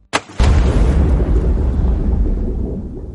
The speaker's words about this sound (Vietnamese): Còn chưa hết câu, cây đó không xa ông vang lên tiếng động thật lớn, giống như có tảng đá bự rơi xuống nước.